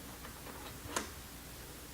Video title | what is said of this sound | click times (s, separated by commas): REVIEW #7 ►LE MP7 AEG TOKYO MARUI | fois ceci fait on peut remettre le capot en place jusqu'au clic et | 1.0 s